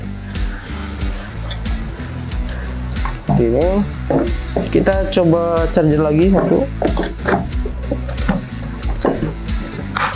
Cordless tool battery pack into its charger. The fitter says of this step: Nah, sampai bunyi klik ya, pasangnya sampai bunyi klik.